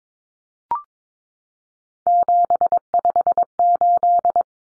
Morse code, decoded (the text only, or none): 758